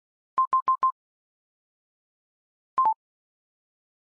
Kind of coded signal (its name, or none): none